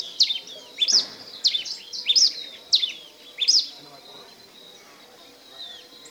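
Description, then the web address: Red pileated finch song: a series of six sharp, high, slurred notes, then quiet with a few faint notes. Recorded in Ecuador. "Birds of Ecuador 29 Red Pileated-Finch"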